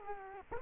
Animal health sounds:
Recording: mosquito wingbeat signal from an infrared sensor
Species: Culex quinquefasciatus

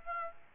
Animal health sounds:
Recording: mosquito wingbeat signal from an infrared sensor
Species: Aedes aegypti

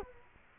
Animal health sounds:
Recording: mosquito wingbeat signal from an infrared sensor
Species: Culex quinquefasciatus

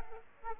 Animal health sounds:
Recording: mosquito wingbeat signal from an infrared sensor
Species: Aedes aegypti

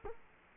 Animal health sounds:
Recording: mosquito wingbeat signal from an infrared sensor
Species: Culex quinquefasciatus

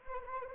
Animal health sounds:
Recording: mosquito wingbeat signal from an infrared sensor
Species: Anopheles arabiensis

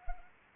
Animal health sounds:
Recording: mosquito wingbeat signal from an infrared sensor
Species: Anopheles arabiensis

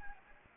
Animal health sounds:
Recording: mosquito wingbeat signal from an infrared sensor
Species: Anopheles gambiae

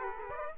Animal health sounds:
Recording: mosquito wingbeat signal from an infrared sensor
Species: Aedes aegypti

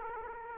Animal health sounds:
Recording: mosquito wingbeat signal from an infrared sensor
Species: Aedes aegypti

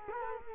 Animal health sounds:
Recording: mosquito wingbeat signal from an infrared sensor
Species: Culex quinquefasciatus

